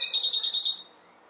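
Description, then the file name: Red siskin giving a short run of six quick, high chattering notes that stop abruptly, followed by quiet. "Canto del Cardenalito"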